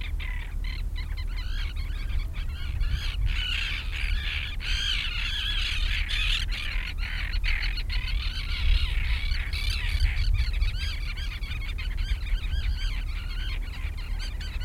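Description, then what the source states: Noisy gull colony, a wash of harsh overlapping cries with some sharper clicks, steady low background rumble throughout. Several seagulls near the sea.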